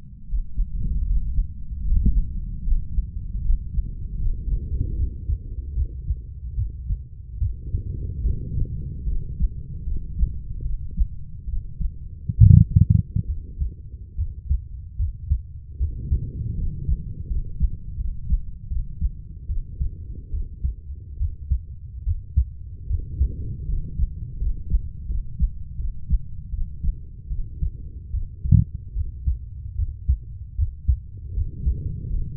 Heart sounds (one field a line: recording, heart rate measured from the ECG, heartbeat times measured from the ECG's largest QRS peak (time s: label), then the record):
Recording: heart sounds by stethoscope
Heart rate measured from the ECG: 75 bpm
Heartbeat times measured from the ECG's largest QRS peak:
0.27 s: heartbeat
1.06 s: heartbeat
1.85 s: heartbeat
2.63 s: heartbeat
3.41 s: heartbeat
4.18 s: heartbeat
4.95 s: heartbeat
5.74 s: heartbeat
6.55 s: heartbeat
7.39 s: heartbeat
8.22 s: heartbeat
9.05 s: heartbeat
9.84 s: heartbeat
10.63 s: heartbeat
11.46 s: heartbeat
12.36 s: heartbeat
13.26 s: heartbeat
14.16 s: heartbeat
14.97 s: heartbeat
15.78 s: heartbeat
16.56 s: heartbeat
17.28 s: heartbeat
17.97 s: heartbeat
18.68 s: heartbeat
19.47 s: heartbeat
20.31 s: heartbeat
21.18 s: heartbeat
22.04 s: heartbeat
22.88 s: heartbeat
23.67 s: heartbeat
24.39 s: heartbeat
25.07 s: heartbeat
25.77 s: heartbeat
26.50 s: heartbeat
27.29 s: heartbeat
28.12 s: heartbeat
28.94 s: heartbeat
29.76 s: heartbeat
30.56 s: heartbeat
31.35 s: heartbeat
32.08 s: heartbeat
From the record:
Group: healthy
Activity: breath hold 0-2 s, rest 2-32 s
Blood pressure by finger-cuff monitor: 145/65 mmHg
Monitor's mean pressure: 88 mmHg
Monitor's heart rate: 74 bpm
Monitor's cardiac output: 8.5 L/min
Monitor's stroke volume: 116 mL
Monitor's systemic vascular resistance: 750 dyn s/cm5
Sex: female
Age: 32 years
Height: 168 cm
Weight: 61.9 kg